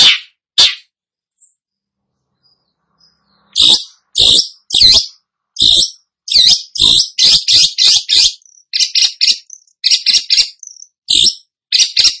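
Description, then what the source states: Long-tailed Shrike song: two harsh notes, a pause, then a long run of scratchy, chattering high notes, at times in quick succession. Described as gacor, meaning singing vigorously and continuously.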